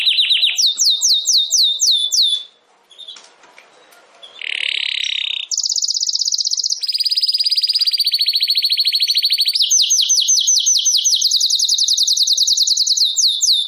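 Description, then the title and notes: Domestic canary song: fast, rolling trills around high pitch with sweeping down-slurred notes, a brief pause near three seconds, then long sustained rattling tours. Belgian canary (Campainha) singing. "Canário Belga Campainha Canary Singing. Canario Belga Cantando"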